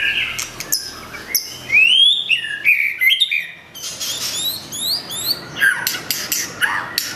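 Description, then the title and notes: White-rumped shama song with clear rising and falling whistles mixed with sharp ticks and brief high chatters, the phrases changing quickly. Training recording (masteran) for cage birds. "Masteran Murai Batu"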